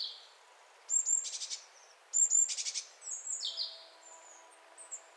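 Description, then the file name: Great tit calls: high thin notes followed by buzzy churring bursts, two groups about a second apart, then a few softer high notes. "Parus major"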